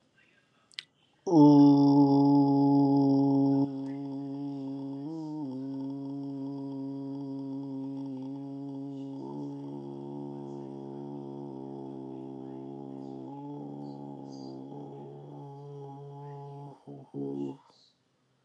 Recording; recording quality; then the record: sustained vowel as in boot; excellent, no background noise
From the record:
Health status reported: healthy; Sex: male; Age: 45 years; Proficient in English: yes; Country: United States